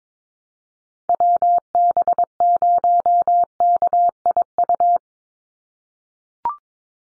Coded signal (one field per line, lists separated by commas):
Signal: Morse code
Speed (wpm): 22 wpm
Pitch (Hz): 700 Hz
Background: none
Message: WB0KIU